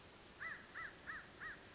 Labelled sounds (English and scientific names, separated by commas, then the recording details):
American Crow (Corvus brachyrhynchos)
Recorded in Sonoma County, California